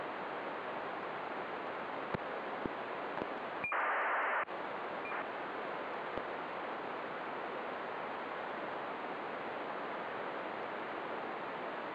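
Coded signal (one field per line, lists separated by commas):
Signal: ACARS aircraft data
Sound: steady radio hiss, a few clicks, one short buzzy data burst starting with a brief tone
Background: radio static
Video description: Using the free program Acarsd 1.65 to decode acars messages sent to and from airplanes around Oslo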